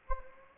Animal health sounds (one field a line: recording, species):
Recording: mosquito wingbeat signal from an infrared sensor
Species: Anopheles gambiae